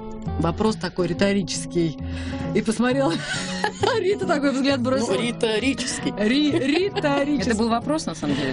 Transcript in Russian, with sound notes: Вопрос такой риторический. И посмотрела, (смеется) Рита такой взгляд бросила.
Ну, Ритарический.
Это был вопрос на самом деле?